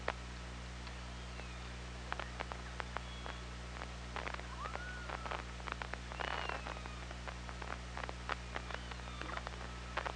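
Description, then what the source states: Killer whale sounds underwater: dense trains of sharp clicks with a curving tonal call in the middle, over steady low hum. Recorded on the OrcaLab hydrophone, 24 August 2017 at 17:37.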